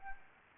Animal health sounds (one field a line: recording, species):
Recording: mosquito wingbeat signal from an infrared sensor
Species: Anopheles arabiensis